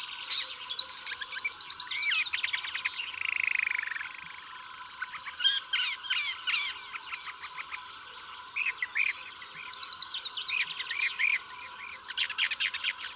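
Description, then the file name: Woodchat shrike song: busy scratchy phrases broken by a drawn-out falling whistle early on, then bursts of rattling chatter and twittering. "woodchat shrike omkicau"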